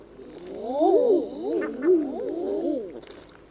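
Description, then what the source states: Common eider cooing, several crooning calls that swell upward and drop again, overlapping in a loose group, with faint short high notes. Several common eiders in tundra habitat.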